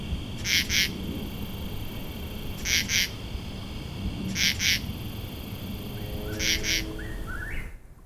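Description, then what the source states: Common True Katydid rasping in paired bursts about every two seconds; near the end a faint other call joins before the sound cuts off. Night recording, made mostly in southern Ontario, Canada, some in Allegheny National Forest, Pennsylvania, USA.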